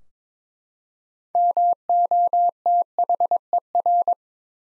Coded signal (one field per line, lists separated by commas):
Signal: Morse code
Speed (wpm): 22 wpm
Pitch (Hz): 700 Hz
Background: none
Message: MOTHER